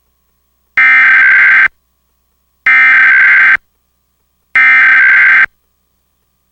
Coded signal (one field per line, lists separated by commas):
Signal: Emergency Alert System (SAME) tones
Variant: header bursts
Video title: EAS #268-271: 4 EAS National Periodic Tests (National EAS Test)- Oct. 3, 2018- 11:20AM PDT